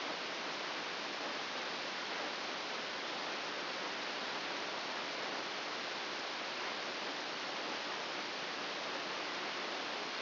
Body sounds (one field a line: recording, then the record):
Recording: brain microelectrode recording played as sound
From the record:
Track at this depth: inside the subthalamic nucleus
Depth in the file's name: 2.204 mm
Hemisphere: right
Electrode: 2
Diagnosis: Parkinson's disease